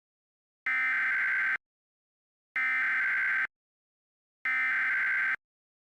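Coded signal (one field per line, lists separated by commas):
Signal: Emergency Alert System (SAME) tones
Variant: header bursts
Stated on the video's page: Fictional asteroid-impact EAS scenario in analog horror style, a simulated alert.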